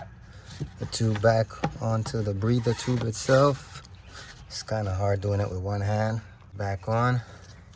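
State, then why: Not seated. Someone talks while working on a Dodge Caliber starter reinstall, handling the electrical connector as it is brought to plug back into an engine sensor. Soft handling noises sit under the speech, and the clip ends before the connector goes home, so nothing has seated or clicked yet.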